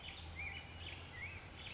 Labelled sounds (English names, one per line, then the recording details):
Black-headed Grosbeak
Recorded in Sonoma County, California